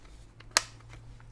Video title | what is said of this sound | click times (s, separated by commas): Dodgy ODD&HDD drive Taredown and Rant! | really just should snap into place | 0.6 s